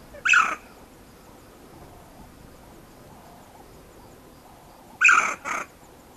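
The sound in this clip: Banded mongoose calls: a shrill squeaky chirp at the start, then a long pause before a double chirp near the end, with faint hiss between.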